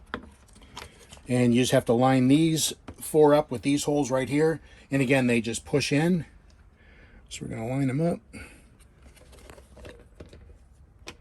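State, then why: Not seated. During a clock spring replacement on a 2006 Monaco Camelot 42DSQ with a VIP Smart Wheel, someone talks while lining up the four pins on the steering wheel cover, or horn pad, with the holes in the wheel hub so they can be pushed in. Faint handling ticks and taps sound near the start and end. Nothing has seated or clicked yet.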